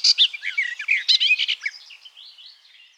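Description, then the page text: Garden warbler song: a hurried stream of mellow warbled notes, loudest at the start and trailing off softly after two seconds. "Garden Warbler Song. Quick Sounds"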